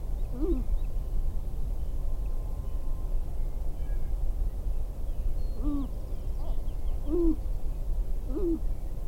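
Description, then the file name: Sharp-tailed grouse calls: a single hoot-like note, a pause of several seconds, then three more similar notes spaced about a second and a half apart, with low background rumble. Recorded 22 April 2005. "2005-04-22 Sharp-tailed Grouse"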